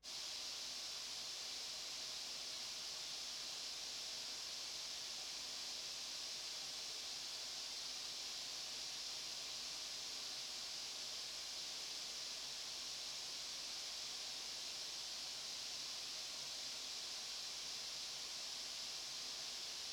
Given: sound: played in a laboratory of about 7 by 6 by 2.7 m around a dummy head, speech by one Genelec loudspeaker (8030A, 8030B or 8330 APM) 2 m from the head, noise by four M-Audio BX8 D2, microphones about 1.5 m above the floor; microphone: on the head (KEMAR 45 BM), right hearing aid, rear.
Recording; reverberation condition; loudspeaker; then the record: white noise; medium; four, about 170 cm from the corners of the room and facing them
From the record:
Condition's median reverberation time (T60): about 510 ms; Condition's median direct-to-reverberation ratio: about -0.5 dB